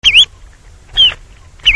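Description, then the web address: Spotted redshank giving loud, clear whistled calls, three in all. "Oisellerie Galan Scolopacides Chevalier Arlequin"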